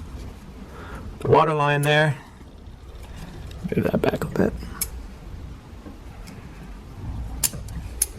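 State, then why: Seated. Someone talks while a water line on the 3.6L engine of a 2018+ Buick Enclave is moved back a bit and its connector is pushed home on the engine. Two sharp clicks come at 7.4 s and 8.0 s as the water line fitting seats.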